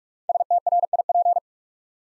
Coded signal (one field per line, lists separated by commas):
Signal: Morse code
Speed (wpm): 44 wpm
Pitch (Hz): 700 Hz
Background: none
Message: STRIP